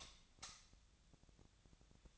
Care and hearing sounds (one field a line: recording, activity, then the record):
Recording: daily activity, microphone in the room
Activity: light off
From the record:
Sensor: 3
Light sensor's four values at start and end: 45/117/50/51 and 39/97/42/45